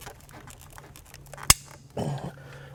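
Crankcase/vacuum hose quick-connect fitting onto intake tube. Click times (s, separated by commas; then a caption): 1.5 s. Crankcase breather and vacuum hose quick-connect fittings are pushed back onto the new plastic intake tube of an Injen cold air intake on a 2014-2015 Fiesta ST, a tight fit. A sharp click sounds at 1.5 s as the fitting seats, followed by a brief rustling scrape around 2.0–2.3 s over a steady low hum. The fitting is clicked on and seated.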